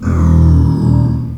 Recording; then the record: squeal of a Yucatan mini pig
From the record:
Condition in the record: after surgery on the right vocal fold (resection and tissue-engineered implant); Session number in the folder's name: 13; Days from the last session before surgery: 113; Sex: female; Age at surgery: 19 weeks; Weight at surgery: 25 kg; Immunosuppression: prednisolone